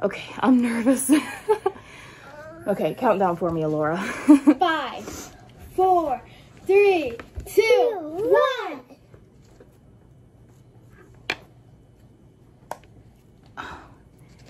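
Someone talks nervously before a countdown, then the blue plunger of a plastic single-use at-home blood collection device, placed on the upper arm, is pressed firmly. A single sharp click sounds at 11.3 s, signaling the device has fired and the plunger should be released right away.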